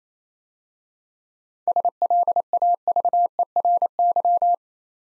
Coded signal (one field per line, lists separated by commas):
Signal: Morse code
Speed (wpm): 29 wpm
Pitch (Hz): 700 Hz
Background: none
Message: SLAVERY